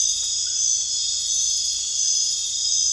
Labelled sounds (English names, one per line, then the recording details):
none
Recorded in dense forest near Puerto Asís, Putumayo, Colombia, on 21 March 2025 at 22:00
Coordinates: 0.484, -76.317
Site G064